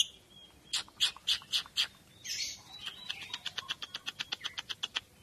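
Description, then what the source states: Lovebird gives a handful of spaced shrill chirps and a brief squeal, then a fast string of sharp, ticking high notes. Described as konslet.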